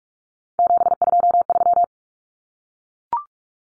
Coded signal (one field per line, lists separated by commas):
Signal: Morse code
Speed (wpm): 44 wpm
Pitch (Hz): 700 Hz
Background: none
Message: 723